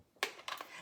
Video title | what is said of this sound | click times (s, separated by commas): Pampered Chef Lisa Rodriguez Making Chocolate Chip Cookies! | and click right in | 0.2 s